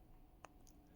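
The steel crown of a blue-dial Casio Edifice EFR-539DE-2A watch is pulled out of the watch case to its first position to set the date. It gives one sharp, faint click at 0.5 s, followed by a softer tick at about 0.7 s. The crown is released into its first detent.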